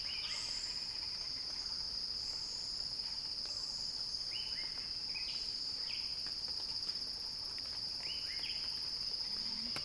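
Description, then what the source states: Cicada song droning steadily at a high pitch, with clusters of short chirps now and then below the buzz. Cicada song building in a crescendo.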